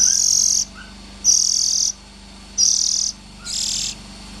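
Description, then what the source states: Oriental magpie-robin making four harsh, buzzing rasps, each about half a second long, spaced by pauses, over a quiet low hum. Young birds.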